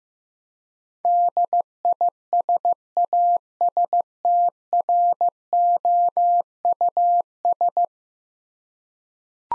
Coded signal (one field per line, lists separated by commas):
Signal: Morse code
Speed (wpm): 15 wpm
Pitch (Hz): 700 Hz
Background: none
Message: DISASTROUS